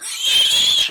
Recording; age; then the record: pig call; piglet (1 to 25 days)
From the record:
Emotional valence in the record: negative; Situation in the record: castration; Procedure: castration, cut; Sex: male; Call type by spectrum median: high-frequency call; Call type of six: high-frequency modulated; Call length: 0.91 s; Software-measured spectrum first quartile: 3213 Hz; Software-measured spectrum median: 3602 Hz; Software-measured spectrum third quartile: 5625 Hz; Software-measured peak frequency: 3272 Hz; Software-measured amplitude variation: 99 dB a second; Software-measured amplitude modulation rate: 24.9 a second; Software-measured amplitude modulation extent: 4.0 dB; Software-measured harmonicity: 6.9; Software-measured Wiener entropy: -2.85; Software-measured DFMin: 706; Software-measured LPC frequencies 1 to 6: 1068, 3247, 6777, 8384, 9119, 9968 Hz